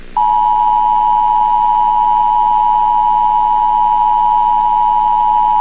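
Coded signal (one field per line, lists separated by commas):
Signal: Emergency Alert System (SAME) tones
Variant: 853 and 960 Hz attention tone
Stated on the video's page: Fictional EAS scenario for entertainment.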